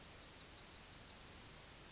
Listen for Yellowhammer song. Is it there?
yes